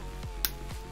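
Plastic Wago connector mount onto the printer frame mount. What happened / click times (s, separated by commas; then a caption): The plastic mount snapped into place / 0.4 s. A second plastic Wago connector mount is pushed onto its mount on the frame of an LDO Switchwire 3D printer, over a steady low tonal background with two soft broadband swishes around 0.2 s and 0.7 s. A single sharp, bright snap rings out at 0.5 s as the mount seats firmly in place.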